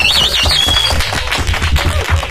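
Loud, dense audience applause, a steady crackle of many hands clapping, with a shrill wavering whistle rising above it at the start.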